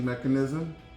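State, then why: Not seated. A bad EVAP vapor canister purge control valve solenoid from a 2013-2022 RAM 1500 Classic 3.6L is handled as it is brought up to its mounting bracket. Someone talks over a musical background, with no sharp transients. Nothing has seated or clicked yet.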